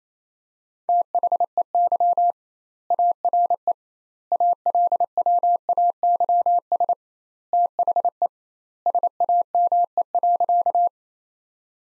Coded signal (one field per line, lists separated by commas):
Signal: Morse code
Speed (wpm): 28 wpm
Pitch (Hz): 700 Hz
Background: none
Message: THEY ARE ALWAYS THE SAME.